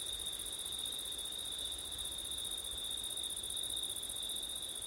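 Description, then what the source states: High, continuous cricket trilling forms a constant ringing drone, with gentle wind noise in the background. Crickets at night in September, with wind; ORTF microphone setup.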